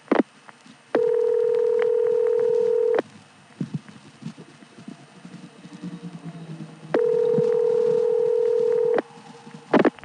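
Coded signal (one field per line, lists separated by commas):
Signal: telephone call progress tone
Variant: North America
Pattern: ringback tone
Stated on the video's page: Step-by-step switching office signalling heard on a 1976 phone trip.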